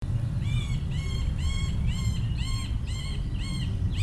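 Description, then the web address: Spotted woodpecker giving evenly repeated, arched, ringing call notes about twice a second, over a constant low rumble. "Picchio rosso"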